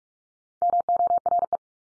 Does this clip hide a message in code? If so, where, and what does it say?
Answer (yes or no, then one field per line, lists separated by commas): yes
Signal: Morse code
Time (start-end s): 0.6-1.6 s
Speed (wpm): 44 wpm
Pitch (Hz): 700 Hz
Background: none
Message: MORE